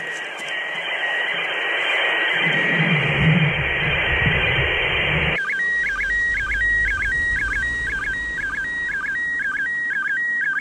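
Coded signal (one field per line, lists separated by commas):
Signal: SSTV (slow-scan television)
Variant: PD120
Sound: radio hiss, then a steady warbling tone with rhythmic chirping blips about twice a second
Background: radio static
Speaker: pause for a second, and then I'll usually do another one.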